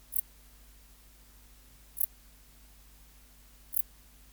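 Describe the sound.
Dark bush-cricket song: three short, sharp, very high chirps spaced nearly two seconds apart over a quiet, low steady hum.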